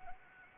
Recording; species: mosquito wingbeat signal from an infrared sensor; Anopheles arabiensis